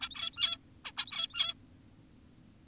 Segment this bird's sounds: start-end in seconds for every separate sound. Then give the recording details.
0.01-0.57, 0.85-0.92, 0.97-1.54. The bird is an adult. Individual g17y2U